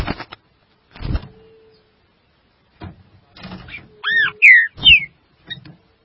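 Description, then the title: Green-winged saltator giving a few loud slurred whistled notes between bursts of clattering mechanical noise and knocks. "Trinca Ferro"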